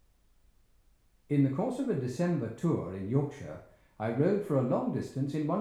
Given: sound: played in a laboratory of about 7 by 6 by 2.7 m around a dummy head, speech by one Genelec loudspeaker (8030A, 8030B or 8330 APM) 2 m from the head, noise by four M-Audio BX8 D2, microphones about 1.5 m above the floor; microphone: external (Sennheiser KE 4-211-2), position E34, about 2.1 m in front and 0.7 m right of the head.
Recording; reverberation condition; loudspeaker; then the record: male speech in English; medium; in front (0 degrees)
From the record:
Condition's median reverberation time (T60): about 510 ms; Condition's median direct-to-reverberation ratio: about -0.5 dB